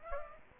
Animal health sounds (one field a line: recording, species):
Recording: mosquito wingbeat signal from an infrared sensor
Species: Aedes aegypti